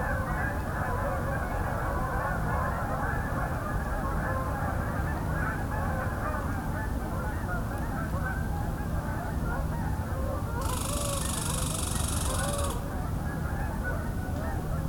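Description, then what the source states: Canada Goose: canada geese honking in a dense, overlapping flock chorus, steady throughout, with a brief burst of hissing noise near the end. An incoming flight.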